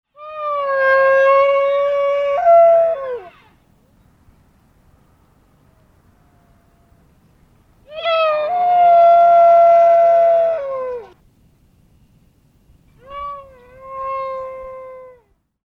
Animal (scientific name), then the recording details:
Cervus elaphus. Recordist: Tembrock, Günter. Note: Bruftrufe